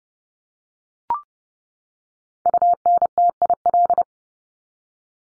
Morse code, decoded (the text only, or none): UNTIL